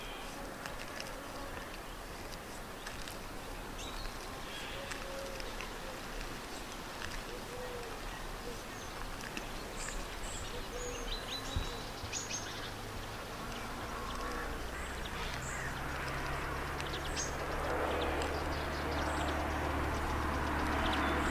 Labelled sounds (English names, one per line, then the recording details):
Eurasian Collared Dove
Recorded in the wild
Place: Tiuccia, Corsica, FR
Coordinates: 42.0703, 8.73083
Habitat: urban place
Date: 2011-07-23
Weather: 15°C, sunny, weak winds
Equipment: Fostex FR2-LE, Sennheiser ME66, Popschutz
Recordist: Frommolt, Karl-Heinz
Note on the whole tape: Direkt am Eingang des Campingplatzes U Sommalu: Gesang, Fluggeräusche und Flugrufe einer Türkentaube. Entfernung 20 m